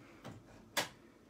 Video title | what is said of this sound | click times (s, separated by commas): Direct Facebook - Découvrez les Bernette 70 et 79 | on entend un clip et le cadre est fixée alors | 0.2 s